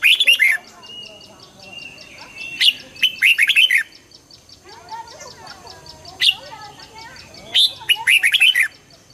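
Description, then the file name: Red-whiskered bulbul song in brisk chirpy bursts, with softer twittering and faint lower notes in between. Hue strain red-whiskered bulbul singing in the 'giọng kép' (double voice) song style. "Tieng chao mao hue hot giong kep"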